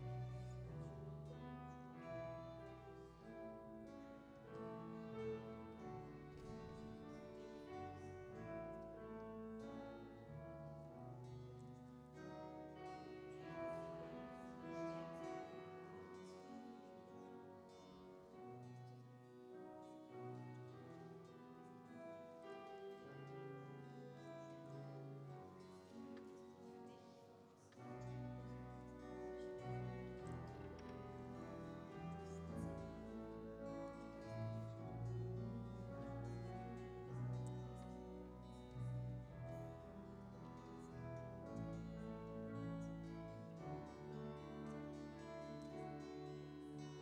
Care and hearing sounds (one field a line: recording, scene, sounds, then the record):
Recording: everyday scene through a hearing-aid microphone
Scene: reverberant space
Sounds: music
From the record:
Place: church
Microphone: in the ear canal, right